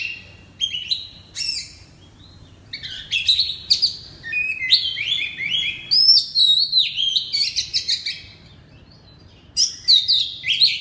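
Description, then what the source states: Oriental magpie-robin singing rapid, loud whistled notes mixed with clear slurred phrases, delivered in quick bursts separated by short gaps. Loud song in the ngeplong style.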